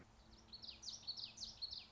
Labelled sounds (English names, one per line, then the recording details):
Common Yellowthroat
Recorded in Sonoma County, California